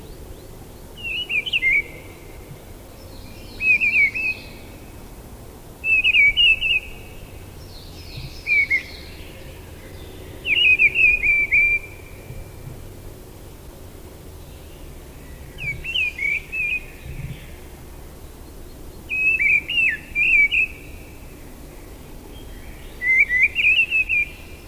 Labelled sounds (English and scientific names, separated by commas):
Mistle Thrush (Turdus viscivorus) song